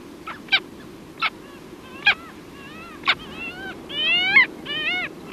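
Arctic skua calling: sharp short yelps spaced about a second apart, then a run of longer drawn-out nasal wails through the second half, over steady low background noise.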